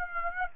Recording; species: mosquito wingbeat signal from an infrared sensor; Aedes aegypti